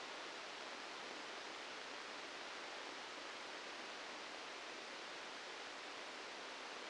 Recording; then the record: brain microelectrode recording played as sound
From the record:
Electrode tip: outside the subthalamic nucleus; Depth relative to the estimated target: -4 mm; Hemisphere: left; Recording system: NeuroSet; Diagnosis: Parkinson's disease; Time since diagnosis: 13 years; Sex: male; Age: 65 years